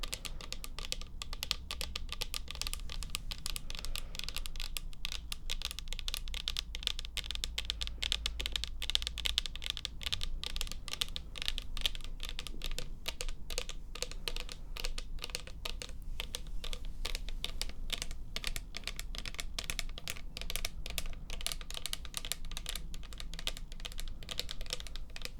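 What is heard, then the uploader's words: Rapid tapping runs without pause for the whole clip, a dense stream of light, crisp clicks much like fast typing on a keyboard. The pace stays busy and fairly even throughout, over a steady low hum underneath. Tapping.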